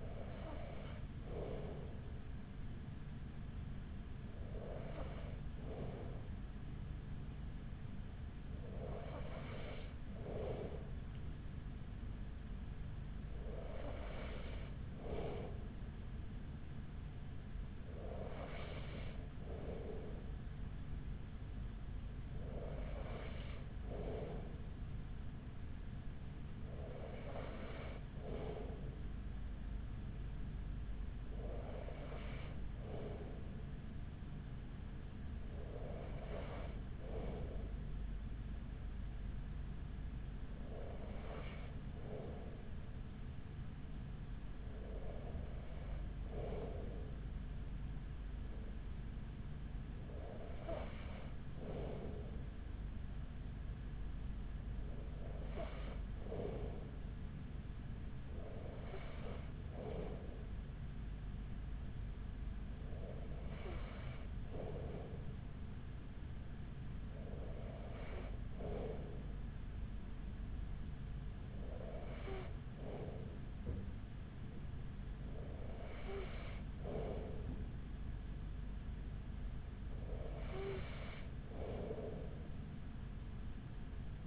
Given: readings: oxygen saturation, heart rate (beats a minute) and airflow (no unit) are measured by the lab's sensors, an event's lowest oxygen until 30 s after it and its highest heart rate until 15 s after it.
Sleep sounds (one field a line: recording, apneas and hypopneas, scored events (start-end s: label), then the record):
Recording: breathing in sleep by a smartphone at the bedside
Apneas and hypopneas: none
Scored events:
none scored
From the record:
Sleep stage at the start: N2 (light sleep)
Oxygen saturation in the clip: 94%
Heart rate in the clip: 41 to 47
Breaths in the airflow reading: 19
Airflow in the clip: -5.6 to 4.9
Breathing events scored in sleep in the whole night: 207 in 7.6 hours asleep